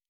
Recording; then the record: hydrophone in a shrimp aquaculture tank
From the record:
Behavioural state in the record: normal